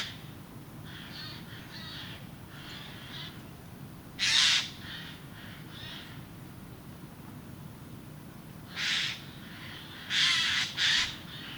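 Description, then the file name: Eurasian jay uttering rasping, screechy calls, softer scratchy notes first, then loud harsh bursts, including a close pair near the end. "Garrulus glandarius"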